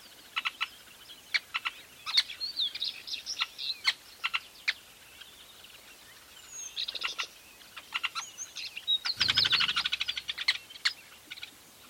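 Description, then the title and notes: Weavers chattering: scattered sharp chips and clicks with brief whistles, swelling into a busy chorus of overlapping calls near the end. Recorded at a large weaver nest in Etosha National Park, Namibia. "This is a recording I made at a large Weaver nest in Etosha NP, Namibia."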